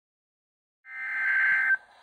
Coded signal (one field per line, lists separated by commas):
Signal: Emergency Alert System (SAME) tones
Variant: header bursts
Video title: Severe Thunderstorm Warning (EAS #205)